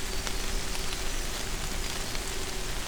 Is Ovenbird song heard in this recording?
no